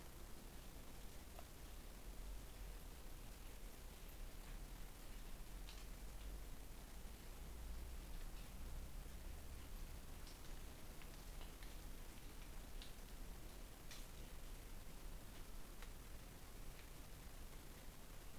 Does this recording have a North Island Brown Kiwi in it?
no